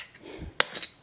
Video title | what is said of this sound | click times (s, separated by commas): Kujyaku Kyutama Kodansha Mook Exclusive [Uchu Sentai Kyuranger] | Okay, so it clicked in. I heard a click. | 0.6 s